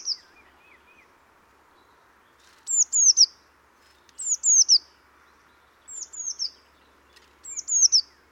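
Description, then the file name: Eurasian blue tit giving clusters of thin, high falling notes every second and a half or so, with a few softer, lower chirps at the start. "Cyanistes caeruleus"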